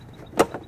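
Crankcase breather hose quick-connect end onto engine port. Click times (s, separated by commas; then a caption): 0.5 s. On a 2010 BMW 550i GT with the 4.4L twin-turbo N63 engine, the quick-connect end of the lower crankcase ventilation breather hose is lined up and pushed onto its plastic port on the engine. A louder broadband burst comes at about 0.4 s, then a short, sharp click at 0.5 s as the connector snaps in and seats.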